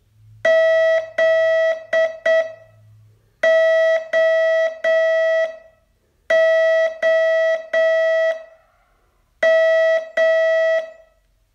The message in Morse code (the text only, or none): ZOOM